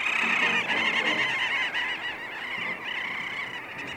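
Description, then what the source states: Little auk colony calling: a loud, continuous churring and chattering chorus of many birds, harsh nasal notes piling over one another at a fast rate. Many little auks swooping and swirling high around cliff faces, calling almost constantly; recorded from a mountaintop on Svalbard; they sound constantly angry.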